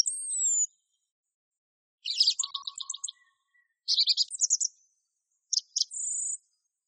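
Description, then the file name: Song thrush song with a high drawn whistle, then scratchy chattering phrases and a final pure whistled note, given with gaps between them. Masteran recording used for training songbirds. "suara masteran songthrush"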